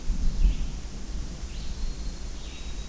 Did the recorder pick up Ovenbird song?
no